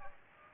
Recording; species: mosquito wingbeat signal from an infrared sensor; Aedes aegypti